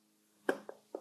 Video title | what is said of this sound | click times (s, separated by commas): How to Change Engine Oil + Filter: 2014-2019 Volkswagen Passat (1.8T & 2.0T TSI) | it clicks in just like that. | 0.5 s